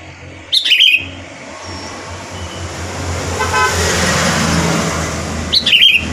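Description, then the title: Sooty-headed bulbul uttering a short burbling phrase at the start and another at the end, with heavy traffic noise and a horn between. "Kutilang"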